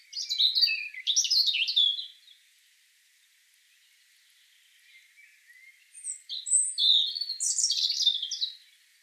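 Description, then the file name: European robin song: two bursts of rich, tumbling high warbles and thin whistles, the first at the start and the second after a quiet gap of several seconds. "Erithacus rubecula"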